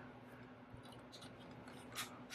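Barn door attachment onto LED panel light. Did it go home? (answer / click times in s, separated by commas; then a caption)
no / none. A plastic barn-door accessory is handled against the grooved front of a small ULANZI LT24 USB LED light, with faint rustles and scrapes over a steady low hum and a slightly louder brief handling noise near 2.0 s. Nothing has seated or clicked yet.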